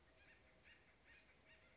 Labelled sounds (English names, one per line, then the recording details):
Acorn Woodpecker
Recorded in Sonoma County, California